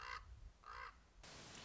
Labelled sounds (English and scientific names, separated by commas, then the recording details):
Common Raven (Corvus corax)
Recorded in Sonoma County, California